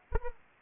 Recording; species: mosquito wingbeat signal from an infrared sensor; Anopheles arabiensis